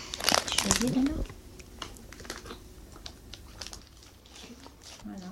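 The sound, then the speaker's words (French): A fruit-flavored, sugar-coated candy being crunched once and swallowed: a loud, brittle crackling burst at first, then scattered small clicks and crunches as the chewing fades, with a brief vocal murmur near the end. “On l'écrase une fois, on l'avale et c'est terminé.”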